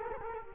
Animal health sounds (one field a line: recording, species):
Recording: mosquito wingbeat signal from an infrared sensor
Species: Culex quinquefasciatus